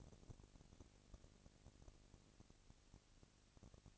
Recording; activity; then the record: daily activity, microphone in the room; no activity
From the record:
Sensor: 4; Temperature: 22.4 degrees Celsius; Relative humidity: 31.9%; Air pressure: 997.9 hPa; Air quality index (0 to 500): 203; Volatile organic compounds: 17 ppm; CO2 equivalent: 2570 ppm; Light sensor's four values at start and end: 2/3/1/1 and 2/3/1/1